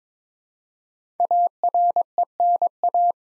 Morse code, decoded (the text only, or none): ARENA